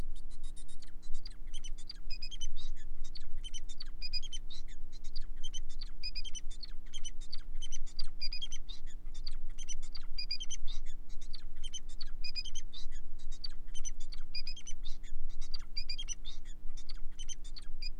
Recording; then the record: song of a male Bengalese finch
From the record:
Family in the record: son of father 4